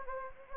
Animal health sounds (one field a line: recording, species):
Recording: mosquito wingbeat signal from an infrared sensor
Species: Anopheles gambiae